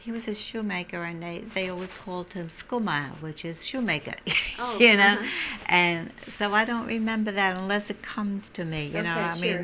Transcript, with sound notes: he was a shoemaker, and they always called him scumiel, which is shoemaker. ( she laughs ) You know? And, so I don't remember that unless it comes to me, you know.